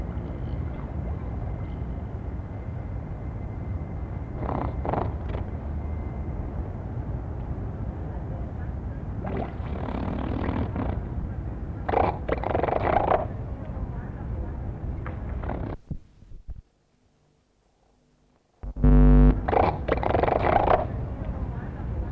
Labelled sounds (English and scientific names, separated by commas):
Harbor Seal (Phoca vitulina)